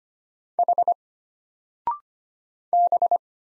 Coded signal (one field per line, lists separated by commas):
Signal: Morse code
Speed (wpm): 25 wpm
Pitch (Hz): 700 Hz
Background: none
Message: H B